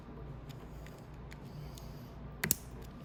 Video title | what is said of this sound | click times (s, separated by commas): How to Change the Reverse Idle Bearing and Gear Pack in your Venom 125cc Engine | you go. It snapped right in there. You see that? Okay, so that's perfect. | 2.4 s, 2.5 s